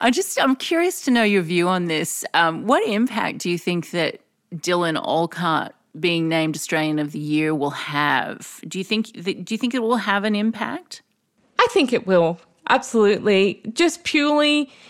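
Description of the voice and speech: Clear, fluent adult conversation: one voice asks a question, and a second voice briefly agrees.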